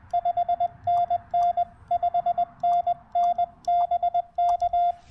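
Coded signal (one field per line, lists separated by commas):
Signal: Morse code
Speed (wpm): 20 wpm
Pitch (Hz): 690 Hz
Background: none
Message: 5NN 5NNBK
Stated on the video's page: QRP Parks on the Air activation with a TR-45L transceiver.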